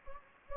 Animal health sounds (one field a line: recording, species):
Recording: mosquito wingbeat signal from an infrared sensor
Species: Anopheles gambiae